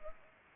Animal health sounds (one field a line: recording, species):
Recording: mosquito wingbeat signal from an infrared sensor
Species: Anopheles arabiensis